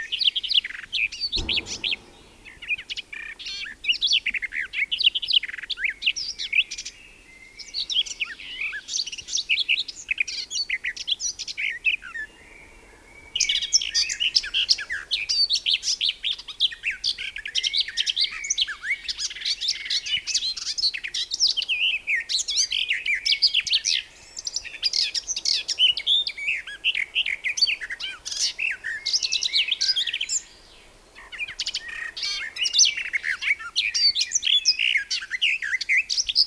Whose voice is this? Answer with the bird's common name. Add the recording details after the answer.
Garden Warbler. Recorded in the wild. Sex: male. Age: adult. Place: Erlangen, Bayern, DE. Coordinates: 49.5644, 11.0131. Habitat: forest. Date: 1963-05-31. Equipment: Nagra, AKG D19/200, Parabol, Original, Vollspur. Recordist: Tretzel, Erwin